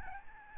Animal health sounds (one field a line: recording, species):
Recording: mosquito wingbeat signal from an infrared sensor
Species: Aedes albopictus